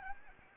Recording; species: mosquito wingbeat signal from an infrared sensor; Anopheles arabiensis